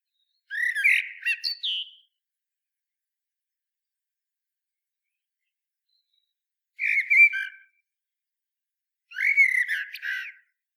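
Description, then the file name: Common blackbird singing three brief mellow whistled phrases with squeaky, buzzy high flourishes, spaced by silent pauses; no other sounds. "Turdus merula"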